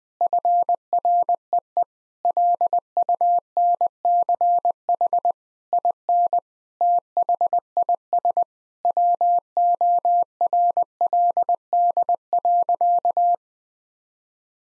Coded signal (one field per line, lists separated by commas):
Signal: Morse code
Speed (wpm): 20 wpm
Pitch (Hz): 700 Hz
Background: none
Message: FREE LUNCH IN THIS WORLD.